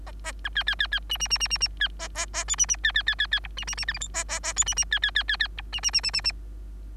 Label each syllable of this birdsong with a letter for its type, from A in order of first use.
A A B C C C C D D D D D D C A A A E D D C C C C C F D D D G H I A A A E D D C C C C C F D D D D D D